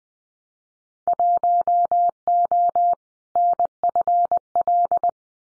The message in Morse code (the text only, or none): 1O NFL